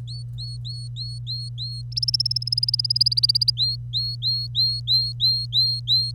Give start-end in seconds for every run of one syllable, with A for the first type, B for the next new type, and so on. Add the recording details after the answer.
0.08-1.81 A, 1.92-3.50 B, 3.57-6.11 A. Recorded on 25 April 2018 at 06:29. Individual llb3